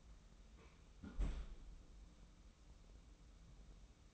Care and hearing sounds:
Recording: daily activity, microphone in the room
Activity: close fridge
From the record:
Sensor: 1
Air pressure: 994.5 hPa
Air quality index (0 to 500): 221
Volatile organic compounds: 1000 ppm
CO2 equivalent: 7944 ppm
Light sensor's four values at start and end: 138/316/141/156 and 136/312/139/153

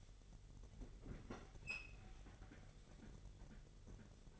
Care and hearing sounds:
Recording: daily activity, microphone in the room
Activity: open fridge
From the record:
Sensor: 4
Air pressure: 989.2 hPa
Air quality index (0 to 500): 222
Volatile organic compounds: 79 ppm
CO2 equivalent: 3599 ppm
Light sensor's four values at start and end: 26/92/34/36 and 26/90/33/35

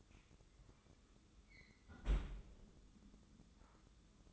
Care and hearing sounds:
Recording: daily activity, microphone in the room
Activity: close fridge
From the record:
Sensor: 3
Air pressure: 995.2 hPa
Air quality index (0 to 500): 78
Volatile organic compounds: 6 ppm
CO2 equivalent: 1858 ppm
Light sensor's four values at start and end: 20/58/24/21 and 19/57/24/21

